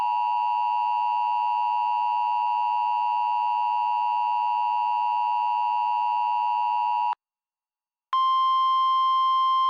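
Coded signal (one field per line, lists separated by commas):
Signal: Emergency Alert System (SAME) tones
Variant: 853 and 960 Hz attention tone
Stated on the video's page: Fictional EAS scenario, a simulated alert.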